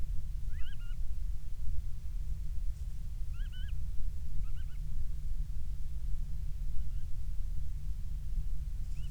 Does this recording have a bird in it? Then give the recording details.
yes. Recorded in the Prudhoe Bay oil fields, Alaska, on 12 July 2019 at 03:03. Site 16